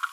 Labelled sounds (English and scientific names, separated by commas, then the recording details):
Green-rumped Parrotlet (Forpus passerinus) babbling
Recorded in a nest box in Venezuela
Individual 18B25A4